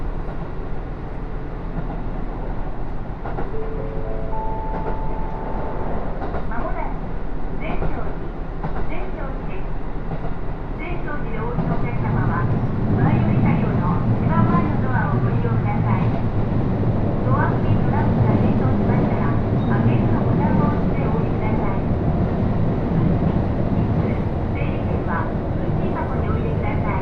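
A local train on the Takayama Main Line runs between Jōro and Shimoaburai, its low rumble filling the whole clip and growing heavier after about eleven seconds. Brief tones sound near five seconds, and voices and clattering surface now and then throughout.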